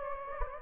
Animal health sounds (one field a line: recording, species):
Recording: mosquito wingbeat signal from an infrared sensor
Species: Anopheles gambiae